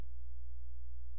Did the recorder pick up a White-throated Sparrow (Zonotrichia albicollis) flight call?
no